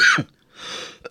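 A single sharp cough burst, then a breathy exhale and a faint throat click: an ordinary adult cough, from a recent cold.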